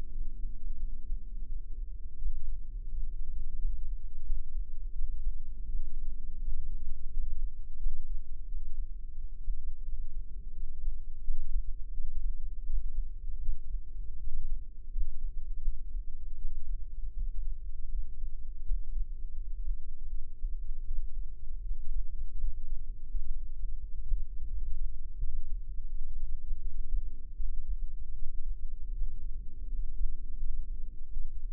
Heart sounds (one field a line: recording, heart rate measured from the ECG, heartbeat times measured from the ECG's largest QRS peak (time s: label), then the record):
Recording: heart sounds by microphone in the left ear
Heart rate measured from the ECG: 83 bpm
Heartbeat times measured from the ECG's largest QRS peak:
0.11 s: heartbeat
0.78 s: heartbeat
1.46 s: heartbeat
2.15 s: heartbeat
2.88 s: heartbeat
3.56 s: heartbeat
4.23 s: heartbeat
4.92 s: heartbeat
5.65 s: heartbeat
6.38 s: heartbeat
7.10 s: heartbeat
7.77 s: heartbeat
8.45 s: heartbeat
9.14 s: heartbeat
9.82 s: heartbeat
10.53 s: heartbeat
11.21 s: heartbeat
11.91 s: heartbeat
12.63 s: heartbeat
13.39 s: heartbeat
14.17 s: heartbeat
14.89 s: heartbeat
15.61 s: heartbeat
16.36 s: heartbeat
17.12 s: heartbeat
17.89 s: heartbeat
18.63 s: heartbeat
19.34 s: heartbeat
20.08 s: heartbeat
20.84 s: heartbeat
21.61 s: heartbeat
22.38 s: heartbeat
23.08 s: heartbeat
23.77 s: heartbeat
24.46 s: heartbeat
25.17 s: heartbeat
25.88 s: heartbeat
26.59 s: heartbeat
27.34 s: heartbeat
28.13 s: heartbeat
28.91 s: heartbeat
29.66 s: heartbeat
30.37 s: heartbeat
31.10 s: heartbeat
From the record:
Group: healthy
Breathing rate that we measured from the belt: 16 breaths a minute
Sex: male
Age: 21 years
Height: 180 cm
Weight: 67.5 kg